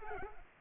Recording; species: mosquito wingbeat signal from an infrared sensor; Culex pipiens